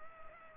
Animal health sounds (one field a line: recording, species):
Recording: mosquito wingbeat signal from an infrared sensor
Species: Culex pipiens